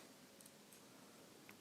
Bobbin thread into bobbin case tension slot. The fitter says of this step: ça je le clip ce pour qu'il vienne se coincer ici vous entendez le petit clip et